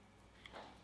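A screwdriver unscrews an impression coping screw from a dental implant. A short, sharp click sounds at 0.4 s against a quiet background, followed by a faint, broader rustle. The click marks the screw disengaging and releasing from the implant.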